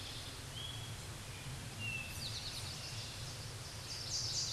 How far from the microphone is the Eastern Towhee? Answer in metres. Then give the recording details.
about 35 m. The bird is about 5 m below the microphone. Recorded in a Pennsylvania forest on 16 May 2024 at 09:48. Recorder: AudioMoth, point MSD-1849. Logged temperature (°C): 12.1 °C. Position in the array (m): 3 m, 44 m